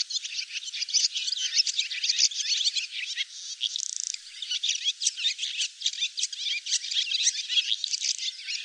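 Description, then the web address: Barn swallow calls in a steady stream of fast, high chirps and scratchy notes, with a brief buzzy trill around four seconds. "cianscape birddata Deverinetal 2025"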